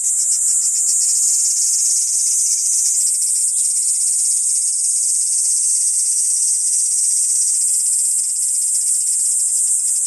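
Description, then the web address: Kaempfer cicada sustaining one long shrill buzzing note at an even pitch and loudness throughout. "ニイニイゼミ. arpla 自然音研究室"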